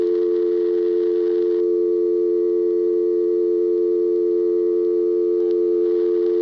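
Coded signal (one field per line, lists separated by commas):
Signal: telephone call progress tone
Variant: North America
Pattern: dial tone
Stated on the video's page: Siemens motor switch telephone exchange signalling at Ocala-Silver Springs, Florida.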